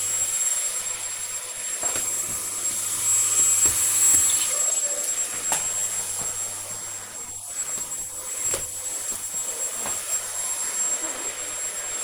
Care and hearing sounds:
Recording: household activities, microphone on the right wrist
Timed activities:
0.00-12.04 s: vacuum cleaning

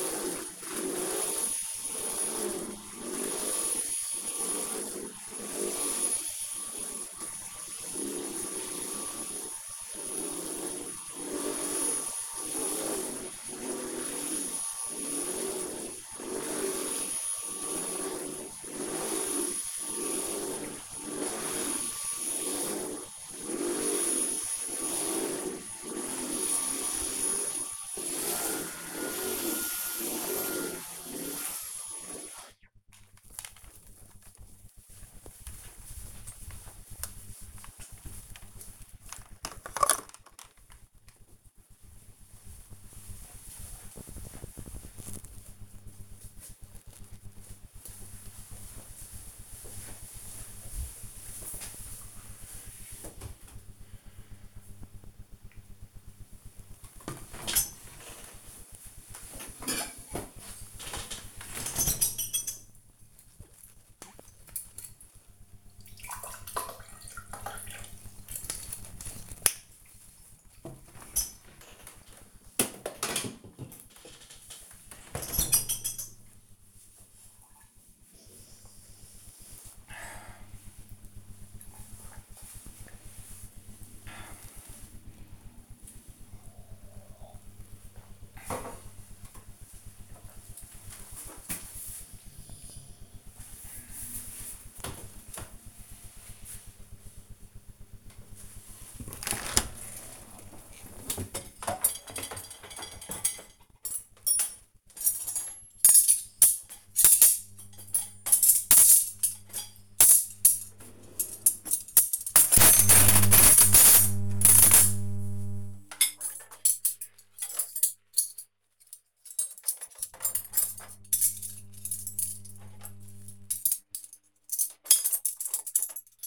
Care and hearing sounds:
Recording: household activities, microphone on the right wrist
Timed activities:
0.00-32.70 s: vacuum cleaning
56.82-88.96 s: drinking
98.00-126.27 s: cleaning out the dishwasher

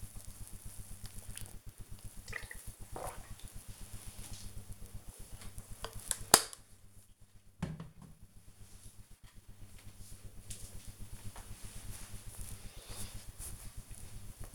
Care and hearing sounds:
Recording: household activities, microphone on the right wrist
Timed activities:
0.00-5.21 s: drinking

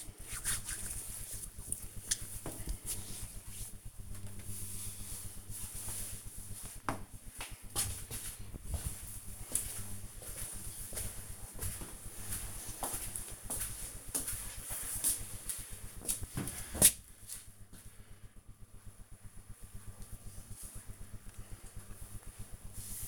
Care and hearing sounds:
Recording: household activities, microphone on the right wrist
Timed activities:
0.00-3.16 s: disinfecting hands

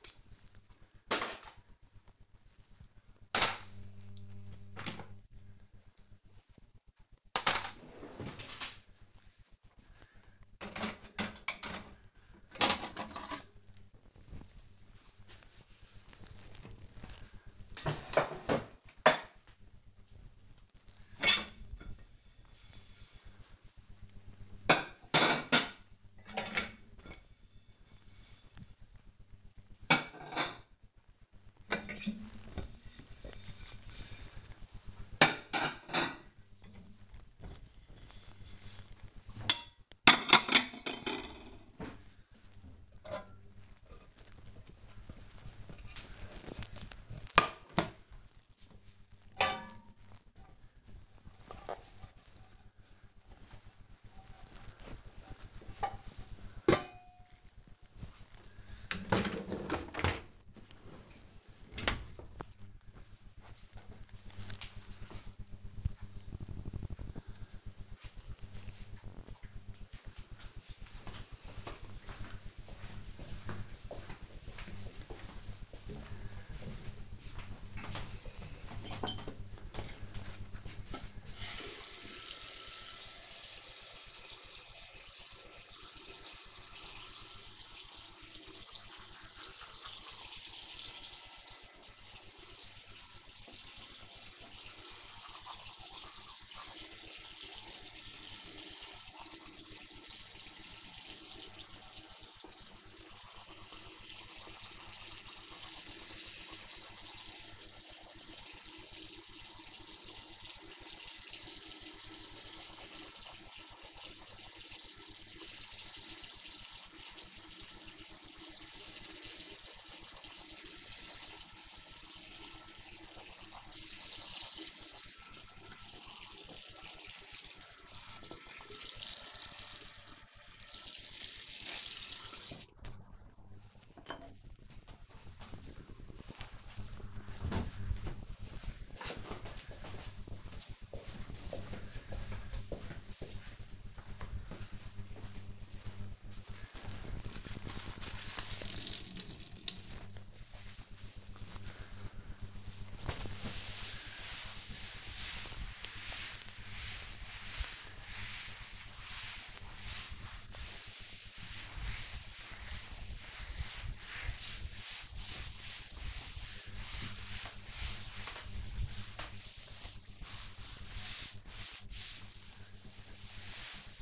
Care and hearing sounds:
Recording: household activities, microphone on the right wrist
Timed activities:
0.00-61.77 s: cleaning out the dishwasher
80.88-132.21 s: brushing teeth
149.32-174.02 s: cleaning table

